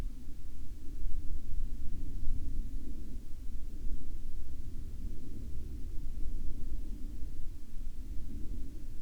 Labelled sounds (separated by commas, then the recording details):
aircraft
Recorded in the Arctic National Wildlife Refuge, Alaska, on 10 May 2019 at 09:00
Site 35